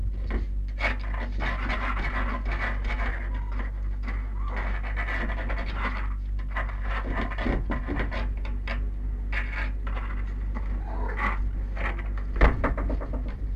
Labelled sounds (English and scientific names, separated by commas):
Red Fox (Vulpes vulpes)